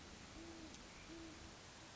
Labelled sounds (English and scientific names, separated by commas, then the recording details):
Great Horned Owl (Bubo virginianus)
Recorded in Sonoma County, California